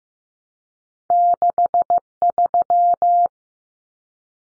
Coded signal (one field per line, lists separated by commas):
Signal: Morse code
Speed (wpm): 15 wpm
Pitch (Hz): 700 Hz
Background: none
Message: 63